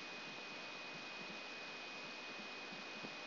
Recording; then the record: brain microelectrode recording played as sound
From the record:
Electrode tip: outside the subthalamic nucleus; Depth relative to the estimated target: -8 mm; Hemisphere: right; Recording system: AlphaMap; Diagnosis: Parkinson's disease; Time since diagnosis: 7 years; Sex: female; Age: 56 years